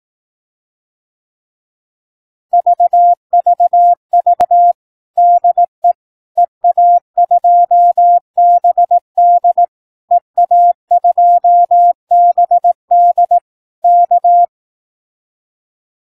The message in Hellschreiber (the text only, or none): none